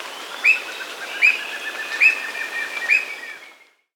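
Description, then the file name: Squirrel cuckoo giving four clipped, whistled notes spaced under a second apart, slightly uneven in timing, before the sound fades out. Amazon region; Peru and Ecuador. "Squirrel Cuckoo (Piaya cayana), Peru, Ecuador"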